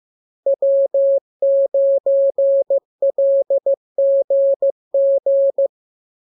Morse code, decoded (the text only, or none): W9LGG